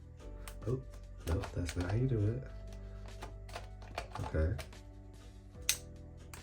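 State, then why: Seated. A lens is fitted onto the mount of a Canon R10 mirrorless camera body while someone talks, with soft handling taps and music underneath. After a wrong first try, the lens is turned on the mount until it locks with a sharp click at 5.7 s, and the lens is seated.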